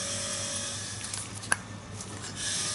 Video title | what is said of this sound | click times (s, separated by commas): 2000 - 2006 Can-Am/ Brp Bombardier DS650 No Start. Carburetor cleaning and fuel issues video. | here click and hear that click that's | 1.5 s